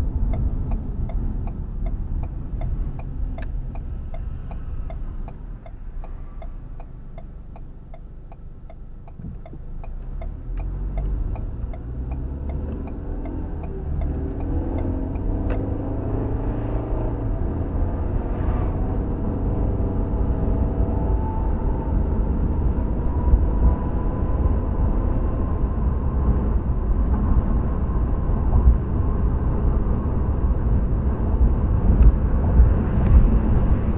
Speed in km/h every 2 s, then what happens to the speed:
23, 13, 5, 2, 5, 19, 24, 39, 53, 60, 63, 68, 72, 72, 74, 76, 76.
0-7 slows to 2. 7-24 pulls away to 72. 24-34 steady at about 74.